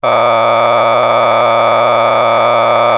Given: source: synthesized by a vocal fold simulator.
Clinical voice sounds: sustained vowel; male; a random mix of aspiration noise, stiffness perturbation and strain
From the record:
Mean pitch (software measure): 117 Hz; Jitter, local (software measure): 4.26%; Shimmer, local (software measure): 7.5%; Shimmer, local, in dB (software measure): 0.53 dB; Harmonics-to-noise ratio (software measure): 5.4 dB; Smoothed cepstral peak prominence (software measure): 13.0 dB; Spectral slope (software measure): -12.7 dB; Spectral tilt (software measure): -10.5 dB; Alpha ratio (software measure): -3.1 dB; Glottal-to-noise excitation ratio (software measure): 0.975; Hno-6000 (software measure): 1.9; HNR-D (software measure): 18.4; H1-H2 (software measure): 1.3 dB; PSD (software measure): 3.5e-04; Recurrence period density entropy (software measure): 0.128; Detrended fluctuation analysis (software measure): 0.0304

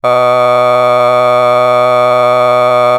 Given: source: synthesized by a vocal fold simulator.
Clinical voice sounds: sustained vowel; male; a random mix of aspiration noise, stiffness perturbation and strain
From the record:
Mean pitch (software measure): 124 Hz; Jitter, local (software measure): 0.69%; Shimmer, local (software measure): 3.6%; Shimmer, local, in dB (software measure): 0.31 dB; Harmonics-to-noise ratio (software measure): 20.5 dB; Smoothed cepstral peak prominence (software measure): 21.6 dB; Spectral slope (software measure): -14.1 dB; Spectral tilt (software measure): -9.4 dB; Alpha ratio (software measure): -4.6 dB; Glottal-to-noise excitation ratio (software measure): 0.995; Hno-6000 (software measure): 2.0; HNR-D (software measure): 30.3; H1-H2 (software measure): 1.2 dB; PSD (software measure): 7.5e-05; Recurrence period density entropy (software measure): 0.112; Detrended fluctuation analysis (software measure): 0.0302

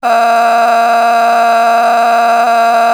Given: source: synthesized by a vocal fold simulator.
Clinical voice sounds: sustained vowel; female; a random mix of aspiration noise, stiffness perturbation and strain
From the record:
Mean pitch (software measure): 233 Hz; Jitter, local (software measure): 1.68%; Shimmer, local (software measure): 8.6%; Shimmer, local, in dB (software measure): 0.76 dB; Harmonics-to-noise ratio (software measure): 13.0 dB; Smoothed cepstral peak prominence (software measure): 13.4 dB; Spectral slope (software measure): -17.5 dB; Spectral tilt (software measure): -8.7 dB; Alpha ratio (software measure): -8.0 dB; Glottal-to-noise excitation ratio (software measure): 0.883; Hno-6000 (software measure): 1.8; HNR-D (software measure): 31.0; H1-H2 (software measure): -4.8 dB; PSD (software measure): 9.1e-05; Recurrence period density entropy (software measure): 0.121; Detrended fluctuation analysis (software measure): 0.0093

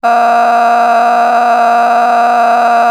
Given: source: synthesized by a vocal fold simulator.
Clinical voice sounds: sustained vowel; female; a random mix of aspiration noise, stiffness perturbation and strain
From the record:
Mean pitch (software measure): 236 Hz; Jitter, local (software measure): 2.69%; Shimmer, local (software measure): 14.8%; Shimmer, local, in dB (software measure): 1.29 dB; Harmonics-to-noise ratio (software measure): 11.2 dB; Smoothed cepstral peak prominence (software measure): 12.3 dB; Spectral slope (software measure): -18.2 dB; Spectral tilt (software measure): -10.3 dB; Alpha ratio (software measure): -8.7 dB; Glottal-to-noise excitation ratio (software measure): 0.933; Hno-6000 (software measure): 2.0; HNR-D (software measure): 32.8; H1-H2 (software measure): -2.4 dB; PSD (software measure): 1.2e-04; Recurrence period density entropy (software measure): 0.117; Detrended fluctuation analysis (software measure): 0.0122

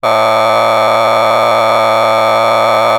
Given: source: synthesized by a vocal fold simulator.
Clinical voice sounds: sustained vowel; male; a random mix of aspiration noise, stiffness perturbation and strain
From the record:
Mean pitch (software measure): 110 Hz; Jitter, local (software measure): 3.00%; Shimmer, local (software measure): 4.1%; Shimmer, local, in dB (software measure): 0.35 dB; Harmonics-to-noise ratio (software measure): 6.0 dB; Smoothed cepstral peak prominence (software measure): 12.8 dB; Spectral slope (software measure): -12.7 dB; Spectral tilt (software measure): -10.1 dB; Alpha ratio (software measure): -3.2 dB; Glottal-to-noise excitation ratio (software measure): 0.980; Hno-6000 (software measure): 1.8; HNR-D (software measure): 20.1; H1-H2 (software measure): 0.7 dB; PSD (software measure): 2.4e-04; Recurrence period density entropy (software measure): 0.128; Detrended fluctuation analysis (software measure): 0.0321

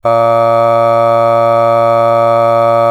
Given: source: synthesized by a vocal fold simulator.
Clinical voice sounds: sustained vowel; male; aspiration noise (breathiness), level 5 of 10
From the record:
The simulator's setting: 0.74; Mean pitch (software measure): 115 Hz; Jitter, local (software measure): 0.35%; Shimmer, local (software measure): 2.3%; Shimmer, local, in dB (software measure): 0.20 dB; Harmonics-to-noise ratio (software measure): 24.8 dB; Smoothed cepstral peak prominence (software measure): 19.6 dB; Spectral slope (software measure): -17.2 dB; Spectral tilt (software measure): -9.0 dB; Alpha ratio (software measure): -7.7 dB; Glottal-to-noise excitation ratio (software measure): 0.987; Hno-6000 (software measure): 2.4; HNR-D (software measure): 23.8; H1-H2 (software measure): 4.9 dB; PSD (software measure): 5.8e-05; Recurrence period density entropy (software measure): 0.108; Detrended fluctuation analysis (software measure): 0.0543

